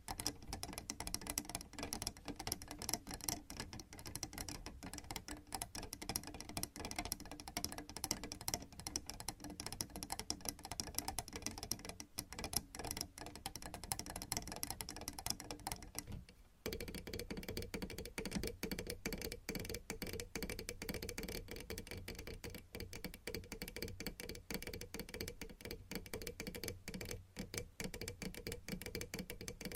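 Crisp tapping and scratching with nails, dense and continuous, with a brief pause near sixteen seconds before the texture shifts.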